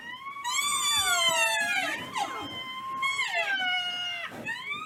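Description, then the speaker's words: Baby rhinoceros crying: long, wavering, harmonic squeals that rise and fall in a few drawn-out cries. Baby rhinoceros crying, recorded at a South African orphanage for baby rhinos orphaned mostly by poachers; young rhinos sometimes cry for two weeks after their mother's death. "Et un rhinocéros qui pleure, ça donne ça. Enregistrement fait dans un orphelinat en Afrique du Sud"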